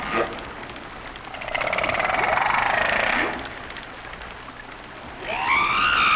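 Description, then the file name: Humpback whale song with a drawn-out wavering moan, quiet gaps, and a set of rising tonal whoops with clear overtones at the close. "Sounds of Nature - Humpback Whales"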